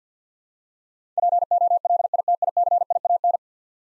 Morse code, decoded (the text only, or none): POLITICIAN